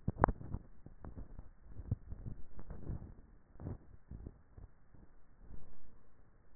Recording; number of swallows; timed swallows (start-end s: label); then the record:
swallowing sounds by neck microphone; 1
1.57-2.48 s: swallow
From the record:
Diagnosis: dysphagia